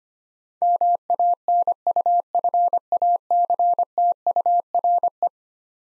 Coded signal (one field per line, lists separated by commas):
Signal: Morse code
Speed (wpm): 25 wpm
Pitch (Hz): 700 Hz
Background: none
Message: MANUFACTURE